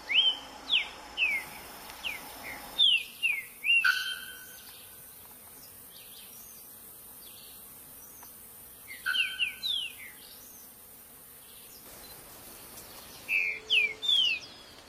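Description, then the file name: Green-winged saltator song: short phrases of clear, sliding whistled notes, given in bursts of several notes separated by pauses of a few seconds. "canto do trinca ferro verdadeiro"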